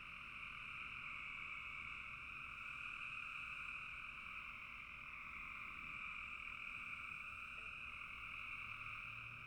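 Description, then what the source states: Many frogs croaking at once, forming a seamless high buzzing chorus that holds steady across the whole stretch. Frogs calling in a bog.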